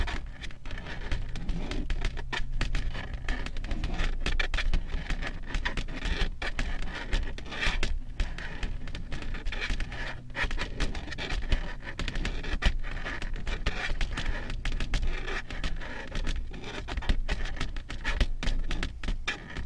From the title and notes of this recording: Soothing and relaxing slow, rhythmic long nail tapping and scratching ASMR sounds.